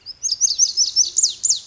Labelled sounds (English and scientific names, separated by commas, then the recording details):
Lazuli Bunting (Passerina amoena)
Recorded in Sonoma County, California